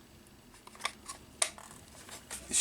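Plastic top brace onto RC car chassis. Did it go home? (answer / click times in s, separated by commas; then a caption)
yes / 1.4 s. A plastic top brace (part C1) is pressed onto the chassis of a Tamiya DT02 RC buggy (Holiday Buggy). A few faint ticks and light handling noises lead up to one sharp, loud click at 1.4 s as the brace seats. Softer handling sounds follow.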